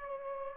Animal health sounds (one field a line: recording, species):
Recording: mosquito wingbeat signal from an infrared sensor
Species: Culex pipiens